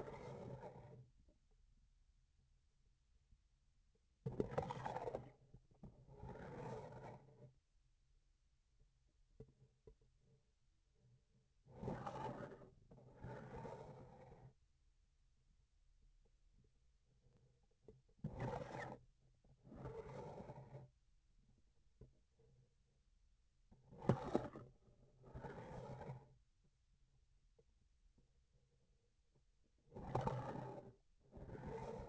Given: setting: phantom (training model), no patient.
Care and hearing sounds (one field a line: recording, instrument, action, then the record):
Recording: laparoscopic instrument, vibration sensor on the handle end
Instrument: grasping forceps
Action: approaching and retracting movements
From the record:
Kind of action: spatial motion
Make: other than Olympus